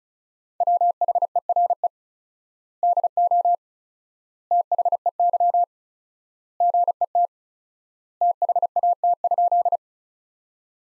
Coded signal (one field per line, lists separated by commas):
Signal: Morse code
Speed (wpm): 34 wpm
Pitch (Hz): 700 Hz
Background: none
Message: WHERE DO THEY GET THAT?